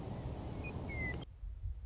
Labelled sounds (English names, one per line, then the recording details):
Western Meadowlark
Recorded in Sonoma County, California